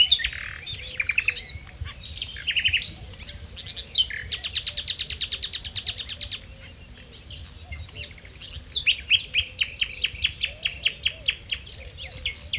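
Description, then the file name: Common nightingale song: varied whistled and chirping phrases, then a loud rapid series of repeated notes for about two seconds, and a later run of sharp pulsed notes. "Luscinia megarhynchos"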